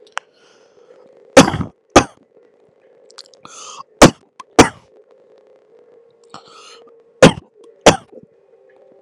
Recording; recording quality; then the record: heavy voluntary cough; excellent, no background noise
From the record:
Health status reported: healthy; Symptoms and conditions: none ticked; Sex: male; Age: 25 years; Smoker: yes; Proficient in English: yes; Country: India